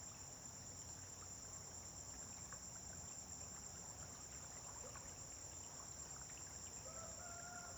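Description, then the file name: Unbroken high cricket trilling, with a faint drawn-out call beginning near the end and a steady low rumble beneath. Crickets on a farm at dawn, with vehicles passing on a distant road. "Amanhecer na fazenda com grilos veiculos passando em estrada longe"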